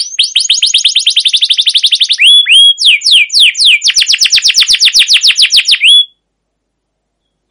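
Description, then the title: Canary pouring out a continuous rapid series of sweeping notes mixed with slurred whistles for about six seconds, then falling silent. Long 'gacor' canary song with 'cuit cuit' notes and 'ngerol' rolling trills, used as master lure material to train and prompt other canaries. "CUIT CUIT NGEROL LANGSUNG GACOR PANJANG Kenari Utk Pancingan KENAR. Masteran Suara Burung Kenari Gacor Panjang cuit cuit Ngerol untuk Pancingan Kenari"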